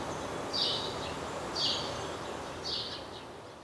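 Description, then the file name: House sparrow chirps: three short, rough notes spaced about a second apart, over steady background hiss. "Passer domesticus"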